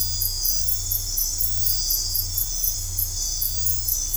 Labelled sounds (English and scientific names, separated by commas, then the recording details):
none
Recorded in dense forest near Puerto Asís, Putumayo, Colombia, on 15 December 2024 at 03:30
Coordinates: 0.503, -76.323
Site G043